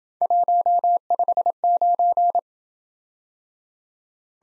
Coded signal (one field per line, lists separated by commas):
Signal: Morse code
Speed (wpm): 28 wpm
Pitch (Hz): 700 Hz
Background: none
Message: 159